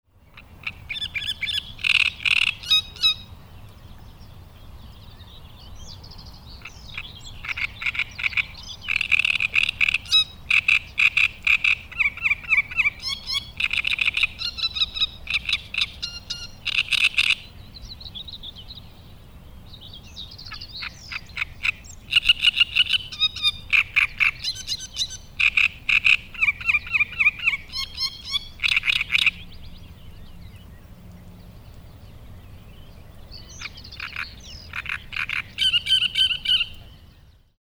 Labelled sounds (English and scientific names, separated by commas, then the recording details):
Great Reed Warbler (Acrocephalus arundinaceus)
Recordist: Frommolt, Karl-Heinz
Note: Gesang